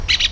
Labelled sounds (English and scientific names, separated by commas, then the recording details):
Brown-throated Parakeet (Eupsittula pertinax) contact call
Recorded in Venezuela
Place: PN Cerro Saroche, Tierras del Sr. Polo, Edo. Lara
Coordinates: 10.171, -69.518